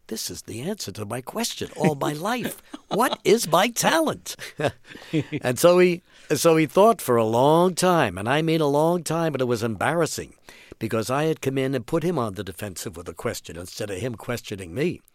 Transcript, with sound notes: this is the answer to my question all my life.
(SOUNDBITE OF LAUGHTER)
What is my talent? And so he thought for a long time and I mean a long time and it was embarrassing because I had come in and put him on the defensive with a question instead of him questioning me.